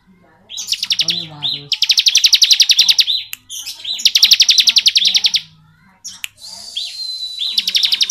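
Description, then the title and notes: Bar-winged prinia pouring out loud, fast buzzy trills almost continuously, broken by brief pauses and a couple of sharp clicks. Bar-winged prinia in the "ngebren" song style, used as training audio for white-rumped shamas (murai batu). "Ciblek Ngebren Untuk Masteran Murai Batu. Suara burung ciblek - Suara Nada"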